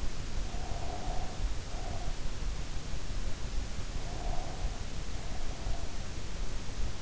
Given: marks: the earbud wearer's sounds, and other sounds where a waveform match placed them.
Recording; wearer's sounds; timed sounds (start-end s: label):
sounds in sleep by an in-ear microphone; breath
0.50-2.23 s: breath
3.98-6.12 s: breath